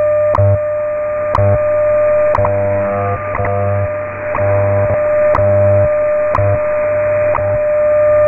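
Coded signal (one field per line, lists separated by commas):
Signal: radio time signal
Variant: WWV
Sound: steady tone with a brief click each second, eight ticks, under radio hiss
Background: radio static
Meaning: Each tick marks one second of the time signal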